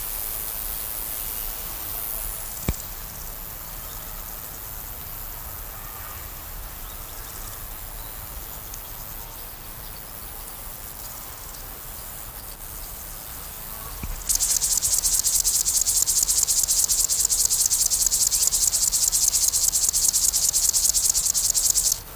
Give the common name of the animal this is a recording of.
Upland Field Grasshopper